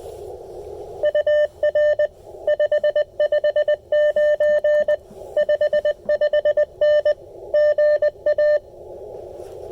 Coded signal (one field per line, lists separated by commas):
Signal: Morse code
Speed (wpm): 19 wpm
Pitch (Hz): 600 Hz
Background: none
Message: UR 559 55N GA